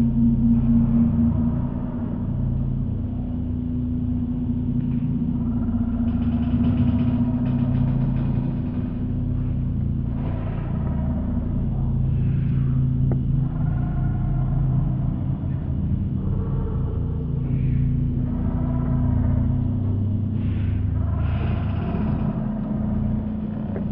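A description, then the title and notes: Floating pontoons groan and creak as they shift on the water, over a constant deep rumble with a steady low hum. Wavering, moaning tones rise and fall in overlapping bursts every few seconds, strange and uneven, with no pause in the low droning bed. The eery-strange chaotic sounds made by floating pontoons moving in response to watery energies. In mid-winter this year, I went down to a favourite pontoon that floats alongside the Sydney Opera House at a place named the Man O’War Steps.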